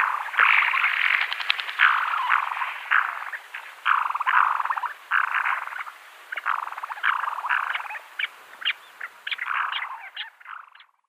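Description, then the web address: Black-bellied sandgrouse calls, a steady run of bubbling, guttural churrs repeated in quick bursts. "Schulze Peter Black-bellied Sandgrouse"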